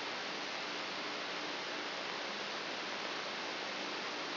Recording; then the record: brain microelectrode recording played as sound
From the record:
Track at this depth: inside the subthalamic nucleus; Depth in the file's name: 1.027 mm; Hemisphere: left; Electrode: 3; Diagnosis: Parkinson's disease